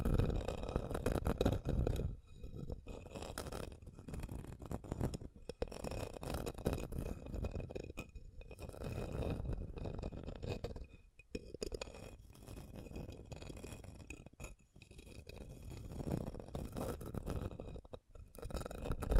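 Scratching and tracing over a surface, a dense, rough scraping that stays mostly low with a gritty upper edge. The strokes come in bursts with short gaps near 2, 8, 11 and 14.5 seconds, and small clinks mix into the texture.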